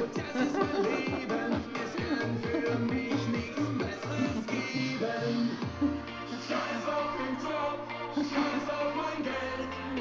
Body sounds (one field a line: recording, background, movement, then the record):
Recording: laughter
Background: music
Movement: sitting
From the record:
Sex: female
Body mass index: 25.5 kg/m2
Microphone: on the chest, facing outward